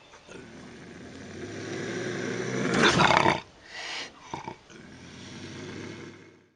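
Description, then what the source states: Bobcat moaning growl building in loudness, then a harsh explosive hiss, a few short spits, and the low growl resuming. Bobcat howls, hisses and growls.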